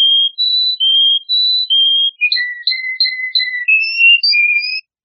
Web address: serinus canaria